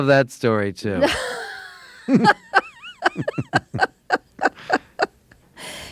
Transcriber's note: soundbite of laughter